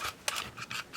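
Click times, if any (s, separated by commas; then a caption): 0.3 s. A plastic battery compartment door on an Olympus Stylus 100 Wide 35mm compact film camera is snapped shut after the battery is dropped in. Brief rubbing and scraping sounds surround a sharp, short click at 0.3 s, followed by more light rasping handling noise. The door is seated shut.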